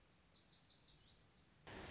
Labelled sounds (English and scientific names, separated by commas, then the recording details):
Lazuli Bunting (Passerina amoena)
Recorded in Sonoma County, California